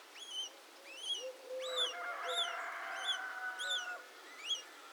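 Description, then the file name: House sparrow giving repeated sharp chirps at an uneven pace, with a steady humming sound running through the middle. "Passer domesticus"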